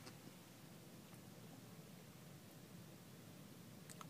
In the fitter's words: seat slide forward easily bottom clicks into place also folds flat if you need to put more larger